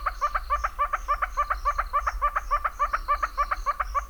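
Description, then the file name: Northern red-billed hornbill calling a fast, regular run of hollow clucking notes, doubled and steady throughout, with a low background hum. "Northern Red-billed Hornbill (Tockus erythrorhynchus)"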